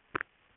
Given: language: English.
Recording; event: throat vibration sensor signal played as sound; swallow